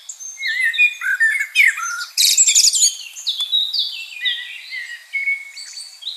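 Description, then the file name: Common blackbird song: mellow fluting notes mixed with loud high twittering. "Turdus merula"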